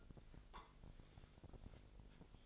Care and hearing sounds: daily activity, microphone in the room; take from stove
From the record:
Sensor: 5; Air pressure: 999.5 hPa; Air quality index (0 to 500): 222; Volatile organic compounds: 21 ppm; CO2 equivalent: 2713 ppm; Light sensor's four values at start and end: 30/68/28/27 and 32/73/29/29

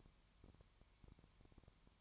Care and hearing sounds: daily activity, microphone in the room; no activity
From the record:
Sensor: 3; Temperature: 20.1 degrees Celsius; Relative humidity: 31.4%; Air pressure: 1001.3 hPa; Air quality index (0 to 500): 74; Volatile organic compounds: 1 ppm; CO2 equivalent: 698 ppm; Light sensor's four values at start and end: 2/3/2/2 and 2/3/2/2

